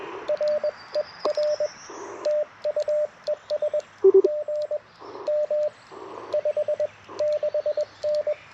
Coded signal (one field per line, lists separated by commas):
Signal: Morse code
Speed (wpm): 21 wpm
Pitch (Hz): 600 Hz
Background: radio noise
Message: R ER TU ES GM 56N